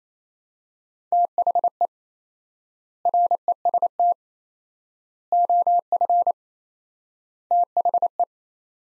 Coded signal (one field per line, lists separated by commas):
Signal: Morse code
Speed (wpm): 28 wpm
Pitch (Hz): 700 Hz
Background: none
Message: THE REST OF THE